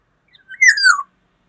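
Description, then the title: Black-naped oriole uttering one quick phrase: faint introductory notes, then a loud note that slides down in pitch. "Kepodang"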